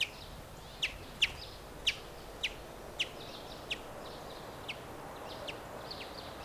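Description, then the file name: Common chaffinch calls: short, sharp notes repeated roughly every half second to second, gradually softening, over a steady background hiss. "Fringilla coelebs"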